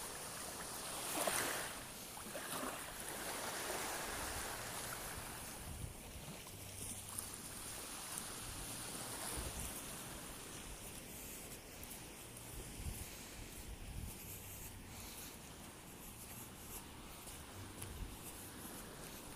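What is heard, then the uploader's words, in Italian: Sea at a beach, a steady wash of surf that swells once near the start, around one to two seconds, then settles into an even hiss. A low hum comes and goes underneath, and small splashes and ticks surface now and then. Mare #Rilassante #Passeggiata #Spiaggia La Foggia #Siculiana.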